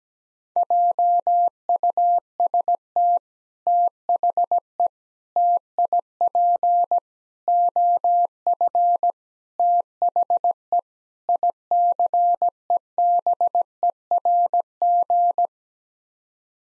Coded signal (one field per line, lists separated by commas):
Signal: Morse code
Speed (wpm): 17 wpm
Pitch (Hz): 700 Hz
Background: none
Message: JUST THE TIP OF THE ICEBERG